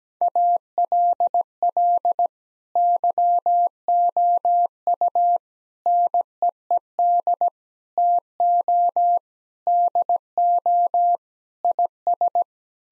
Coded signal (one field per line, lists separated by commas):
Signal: Morse code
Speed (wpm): 17 wpm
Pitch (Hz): 700 Hz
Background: none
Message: ALL YOU NEED TO DO IS